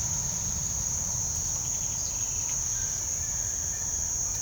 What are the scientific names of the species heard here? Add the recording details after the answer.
Troglodytes aedon. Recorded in pastures near Puerto Asís, Putumayo, Colombia, on 30 June 2025 at 07:00. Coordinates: 0.497, -76.327. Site G040